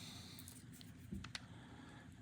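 A second plastic blast effect accessory is pressed into a peg hole on a Hasbro Transformers Studio Series 86 Commander Class Optimus Prime action figure. Faint handling rustles lead up to a sharp plastic click at 1.3 s, and the piece is seated.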